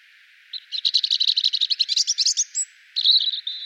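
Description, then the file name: European robin singing a rapid series of many short notes, then after a brief pause a further short phrase. "Erithacus rubecula"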